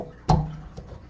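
The plastic controller head of a GE single-stage water filter, which fits only one way, is pushed onto its mounting bracket until it locks in place and is snapped down. A sharp, loud click lands at 0.3 s with a brief low resonance, followed by a faint tick at about 0.8 s. The controller head is seated and locked onto its mount.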